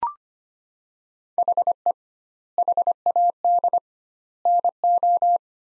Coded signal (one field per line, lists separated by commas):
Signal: Morse code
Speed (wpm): 25 wpm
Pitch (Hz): 700 Hz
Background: none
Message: HE HAD NO